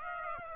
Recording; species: mosquito wingbeat signal from an infrared sensor; Aedes aegypti